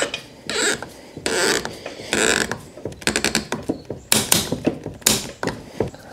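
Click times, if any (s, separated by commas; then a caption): 3.1 s, 3.2 s, 3.4 s, 4.1 s, 4.3 s, 5.1 s. After the crossbar is centred, the crossbar clamp bolt on the roof rack tower of a 2020 Subaru Outback (non-Wilderness Edition), fitted for an iKamper rooftop tent, is turned like the other bolt until its torque limiter clicks. Ratchet-like turning sounds are followed by sharp clicks at about 3.1, 3.2, 3.4, 4.1, 4.3 and 5.1 seconds, showing the bolt has reached torque.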